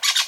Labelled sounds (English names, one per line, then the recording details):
Brown-throated Parakeet contact call
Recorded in Venezuela
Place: Guárico; Corozopando; Fundo La Fe
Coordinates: 8.506, -67.593